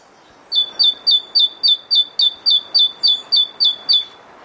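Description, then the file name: Great tit song: a bright two-note phrase, high then lower, repeated about thirteen times at a steady quick pace, over a soft hiss of background noise. "Parus major"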